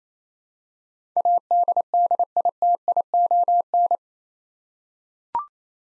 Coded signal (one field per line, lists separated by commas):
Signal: Morse code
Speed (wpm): 28 wpm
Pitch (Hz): 700 Hz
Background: none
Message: ADDITION